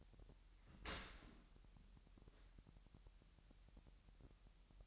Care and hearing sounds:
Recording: daily activity, microphone in the room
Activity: open dishwasher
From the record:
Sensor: 3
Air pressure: 998.4 hPa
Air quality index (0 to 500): 148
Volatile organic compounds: 5 ppm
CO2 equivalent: 1768 ppm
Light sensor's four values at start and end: 13/40/16/15 and 13/40/16/15

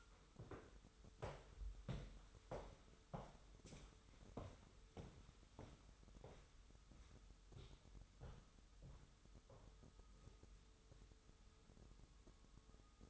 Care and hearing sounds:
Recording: daily activity, microphone in the room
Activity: walk to room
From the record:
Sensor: 3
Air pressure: 988.2 hPa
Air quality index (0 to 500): 180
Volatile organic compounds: 175 ppm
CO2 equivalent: 4126 ppm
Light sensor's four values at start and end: 24/74/31/26 and 24/75/31/27

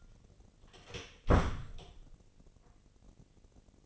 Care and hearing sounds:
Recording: daily activity, microphone in the room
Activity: close door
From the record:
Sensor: 4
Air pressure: 1013.2 hPa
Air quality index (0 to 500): 178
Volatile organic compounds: 2 ppm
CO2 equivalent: 1118 ppm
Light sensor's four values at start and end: 101/253/104/111 and 72/176/74/75

